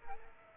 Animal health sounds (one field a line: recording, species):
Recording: mosquito wingbeat signal from an infrared sensor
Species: Aedes aegypti